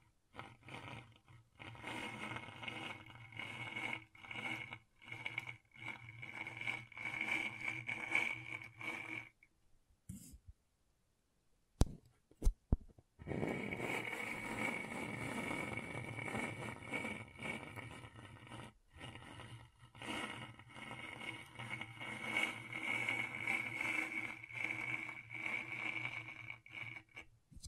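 Scratchboard being scraped in dense, rasping strokes with a steady bright whine, stopping around ten seconds, then resuming with sharp ticks and longer scratching.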